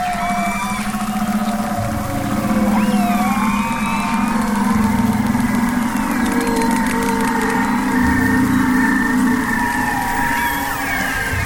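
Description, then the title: Whale calls, overlapping moaning tones gliding up and down in pitch, some short rising sweeps, over a steady low hum throughout. Whales breathing. "Respiros_Ballenas"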